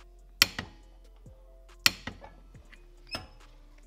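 A torque wrench set to 59 lb-ft tightens the clutch hub nut on a CR250 motorcycle engine while the hub is held with a holder tool. Loud, sharp clicks come at 0.4 s and 1.9 s, each followed by a softer tick, as the nut reaches the set torque.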